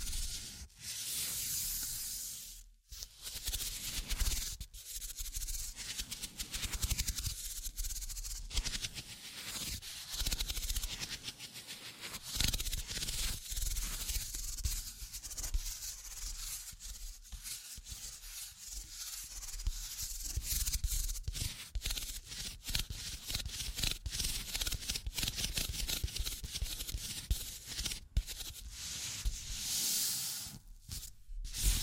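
Tapping and scratching across a surface, with rough, dense rubbing and scraping strokes running almost the whole time. Bright, hissy scratches alternate with short quiet gaps, notably near 3 seconds and around 31 seconds, and a low rumble sits underneath.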